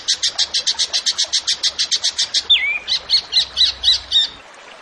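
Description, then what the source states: Zebra finch song: a rapid, regular run of high notes, then one long downward whistle and a handful of spaced falling notes before silence. Masteran, a training recording for songbirds; the bird is singing actively (gacor).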